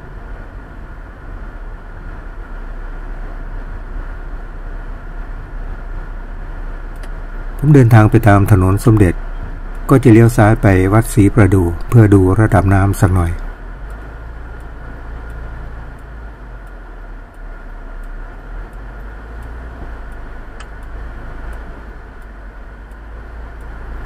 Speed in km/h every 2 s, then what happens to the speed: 34, 33, 32, 27, 22, 14, 7, 4, 5, 3, 4, 5.
0-14 slows to 4. 14-24 steady at about 4.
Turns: none.